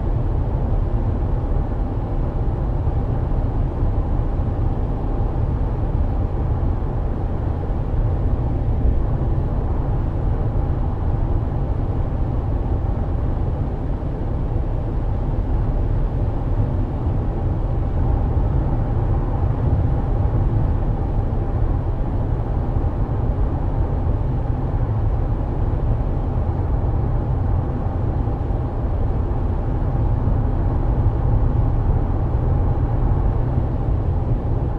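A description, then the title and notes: A car ride heard from inside the vehicle, a steady low rumble of engine and road noise that holds at an even level for the whole stretch. A faint hum sits in the middle range, and nothing breaks through the constant drone. Car Ride Sounds.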